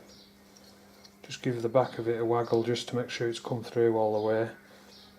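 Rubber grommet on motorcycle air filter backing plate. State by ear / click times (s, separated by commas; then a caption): not seated / none. A rubber grommet on a motorcycle's air filter backing plate is pushed through its hole and waggled to make sure it has come through while the air filter assembly is refitted on a Harley-Davidson Deuce. Someone talks over faint handling noises, with short sharp sounds around 1.1 s and 1.2 s. Nothing has seated or clicked into place yet.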